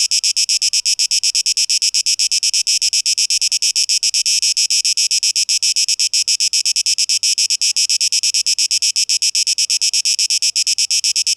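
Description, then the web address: Cicada song, a sharp high-pitched buzz chopped into quick regular pulses, sustained without pause. Tape echo mix, 12 August 2023. "rauschpartikel 2023-08-12 Zikaden"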